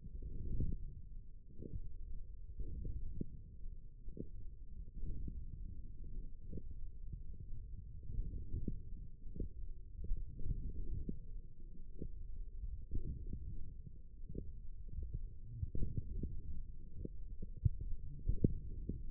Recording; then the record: forearm muscle sounds (acoustic myography)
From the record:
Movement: forearm supination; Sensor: system 1, eight BSWA MPA416 microphones around the upper forearm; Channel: 4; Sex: male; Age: 20 years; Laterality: left